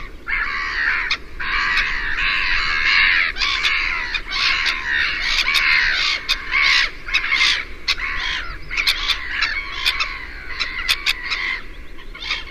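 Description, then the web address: Black-headed gulls giving harsh, overlapping screeching calls almost continuously, several birds calling together, ending in sparser cries. "chant xeno-canto mouette rieuse"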